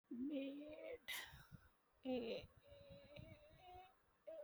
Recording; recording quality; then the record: sustained vowel as in made; excellent, no background noise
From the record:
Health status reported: healthy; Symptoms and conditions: cough, breathing difficulty, sore throat, fever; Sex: female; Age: 38 years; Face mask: not worn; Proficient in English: yes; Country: India